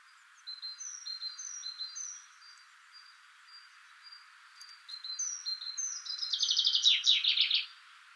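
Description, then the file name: Common chaffinch song: several thin high notes, then a loud descending trill with a closing flourish near the end. "Fringilla coelebs"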